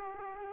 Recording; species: mosquito wingbeat signal from an infrared sensor; Aedes aegypti